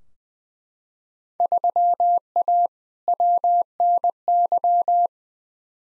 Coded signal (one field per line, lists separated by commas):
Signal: Morse code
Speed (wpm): 20 wpm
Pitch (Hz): 700 Hz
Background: none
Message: 3A WNY